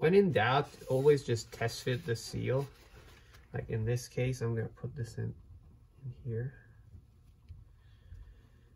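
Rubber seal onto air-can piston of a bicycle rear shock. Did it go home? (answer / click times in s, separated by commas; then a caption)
no / none. Someone talks while test-fitting a rubber seal onto the air-can piston of a Cane Creek Double Barrel Air bicycle rear shock, lining the seal up before it snaps on. Only speech and quiet handling are heard, fading to near silence toward the end. Nothing has seated or clicked yet.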